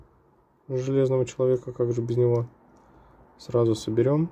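Someone talks while handling the plastic Iron Man minifigure helmet and its helmet part, with speech from about 0.7 to 2.4 seconds and again from 3.5 seconds to the end, and a quiet gap between. Nothing has seated or clicked yet; the part is not home by the end of the clip.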